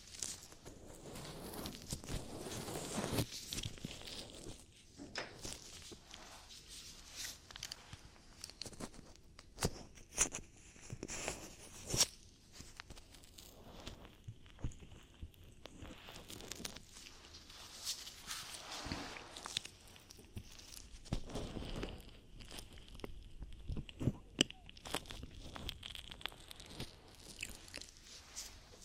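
Ear cleaning sounds: dense, irregular scratching and rubbing with frequent crackly bursts and soft rustles throughout, bright and close-textured, never settling.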